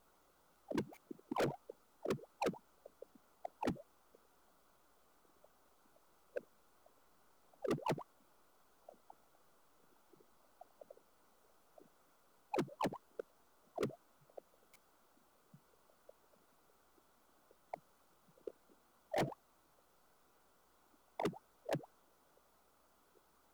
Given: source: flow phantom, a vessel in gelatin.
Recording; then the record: Doppler ultrasound of air bubbles in flowing water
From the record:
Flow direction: towards the transducer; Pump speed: 150 rpm (540 mL/min); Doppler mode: pulsed wave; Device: 7 MHz transducer